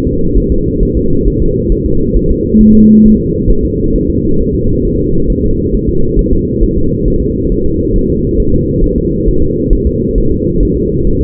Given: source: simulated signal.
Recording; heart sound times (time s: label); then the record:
fetal heart sounds
0.07 s: S2
0.38 s: S1
0.52 s: S2
0.83 s: S1
0.97 s: S2
1.28 s: S1
1.42 s: S2
1.72 s: S1
1.86 s: S2
2.16 s: S1
2.31 s: S2
2.61 s: S1
2.75 s: S2
3.06 s: S1
3.20 s: S2
3.50 s: S1
3.65 s: S2
3.96 s: S1
4.10 s: S2
4.41 s: S1
4.55 s: S2
4.85 s: S1
5.00 s: S2
5.30 s: S1
5.44 s: S2
5.75 s: S1
5.89 s: S2
6.19 s: S1
6.33 s: S2
6.63 s: S1
6.78 s: S2
7.08 s: S1
7.22 s: S2
7.52 s: S1
7.66 s: S2
7.96 s: S1
8.10 s: S2
8.40 s: S1
8.54 s: S2
8.84 s: S1
8.98 s: S2
9.28 s: S1
9.43 s: S2
9.73 s: S1
9.87 s: S2
10.18 s: S1
10.32 s: S2
10.63 s: S1
10.77 s: S2
11.07 s: S1
11.21 s: S2
From the record:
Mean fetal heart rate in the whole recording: 135 bpm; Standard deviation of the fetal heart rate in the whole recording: 3 bpm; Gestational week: 36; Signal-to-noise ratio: -16.4 dB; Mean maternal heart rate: 72 bpm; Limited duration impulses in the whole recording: present